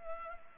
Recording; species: mosquito wingbeat signal from an infrared sensor; Culex pipiens